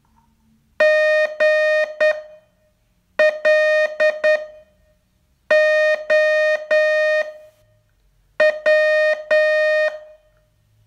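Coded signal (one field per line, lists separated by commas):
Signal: Morse code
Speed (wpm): 10 wpm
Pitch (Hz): 620 Hz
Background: none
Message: GLOW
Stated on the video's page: Morse training test from a 42-day course, day 37.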